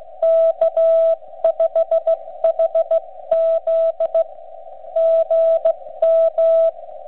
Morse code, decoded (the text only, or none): K5HZ GM